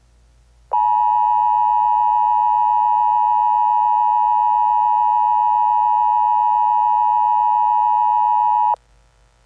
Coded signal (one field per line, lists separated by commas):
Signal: Emergency Alert System (SAME) tones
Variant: 853 and 960 Hz attention tone